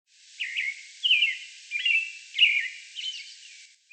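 American Robin song: a run of clear, slurred whistled phrases rising and falling, given one after another with short pauses, on a quiet background.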